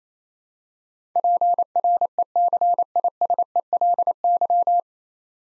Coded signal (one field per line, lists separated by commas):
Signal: Morse code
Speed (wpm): 27 wpm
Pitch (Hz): 700 Hz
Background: none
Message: PRECISELY